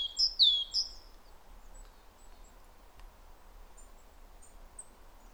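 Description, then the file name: Great tit calls: a short cluster of bright, falling high notes in the first second, then near silence with a few faint chirps. "Parus major"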